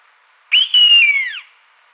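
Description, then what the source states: Gray-lined hawk with one long mournful whistle, sharp onset, a brief dip, then a steady note that falls away at the end; light hiss behind. Recorded 9 January 2003.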